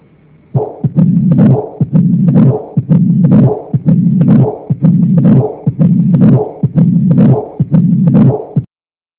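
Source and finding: Heart by stethoscope. Heart murmur with S3.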